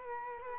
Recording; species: mosquito wingbeat signal from an infrared sensor; Culex quinquefasciatus